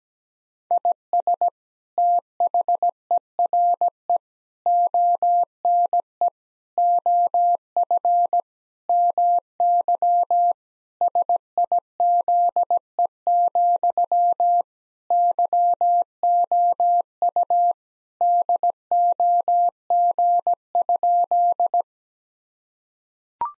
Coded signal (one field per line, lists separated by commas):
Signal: Morse code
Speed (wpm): 17 wpm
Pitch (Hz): 700 Hz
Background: none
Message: IS THERE ONE OF MY SIZE, YOU DOG?